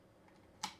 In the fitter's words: It's just a ribbon cable that just clips in. There we go.